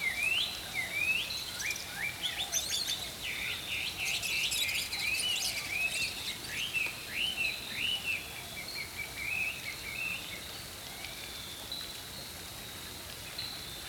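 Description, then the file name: Songbirds chirping and whistling in a lively series of repeated notes that thin out toward the end, leaving a quiet hiss. Songbirds singing in the early morning. "Healing Power Natural Sounds Oasis - Early Morning Songbirds"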